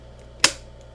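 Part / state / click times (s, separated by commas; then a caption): tilting head into its 90-degree position on a video tripod / seated / 0.4 s. A button on the head of an AMBICO Model V-0555 video tripod is pressed, and the head is tilted 90 degrees into its side-shot position. It snaps into its detent with a single sharp, bright click at 0.4 s that decays quickly against a quiet background, and the head is seated.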